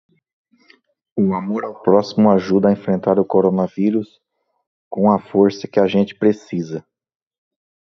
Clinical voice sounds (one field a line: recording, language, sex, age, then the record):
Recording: spoken sentence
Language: Brazilian Portuguese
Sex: male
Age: 40 to 49 years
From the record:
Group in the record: control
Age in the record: 42 years